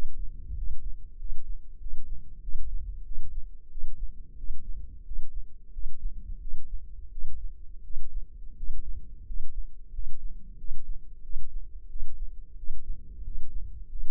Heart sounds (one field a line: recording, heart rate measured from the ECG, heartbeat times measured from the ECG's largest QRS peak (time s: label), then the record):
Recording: heart sounds by microphone in the left ear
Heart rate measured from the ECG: 90 bpm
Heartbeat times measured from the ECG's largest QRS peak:
0.54 s: heartbeat
1.17 s: heartbeat
1.78 s: heartbeat
2.40 s: heartbeat
3.03 s: heartbeat
3.69 s: heartbeat
4.35 s: heartbeat
5.03 s: heartbeat
5.71 s: heartbeat
6.39 s: heartbeat
7.09 s: heartbeat
7.81 s: heartbeat
8.54 s: heartbeat
9.24 s: heartbeat
9.90 s: heartbeat
10.56 s: heartbeat
11.21 s: heartbeat
11.87 s: heartbeat
12.55 s: heartbeat
13.22 s: heartbeat
13.87 s: heartbeat
From the record:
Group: healthy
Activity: rest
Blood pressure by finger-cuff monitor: 96/53 mmHg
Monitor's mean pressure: 65 mmHg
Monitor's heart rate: 90 bpm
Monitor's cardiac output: 8.4 L/min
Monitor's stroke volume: 92 mL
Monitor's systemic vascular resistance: 550 dyn s/cm5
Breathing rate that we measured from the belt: 14 breaths a minute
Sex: male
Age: 23 years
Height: 179 cm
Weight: 87 kg